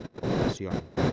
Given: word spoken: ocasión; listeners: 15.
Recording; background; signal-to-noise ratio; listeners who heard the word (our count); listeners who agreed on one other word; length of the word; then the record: one Spanish word in noise, from a listening test; noise modulated by one talker; -9.1 dB; 0 of 15; 6 of 15; 0.73 s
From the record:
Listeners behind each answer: 6, 3, 2, 1, 1, 1, 1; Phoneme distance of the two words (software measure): 27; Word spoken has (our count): 3 syllables, 7 phonemes, stress on syllable 3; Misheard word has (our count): 2 syllables, 6 phonemes, stress on syllable 2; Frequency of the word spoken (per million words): 104.37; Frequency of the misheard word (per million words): 23.95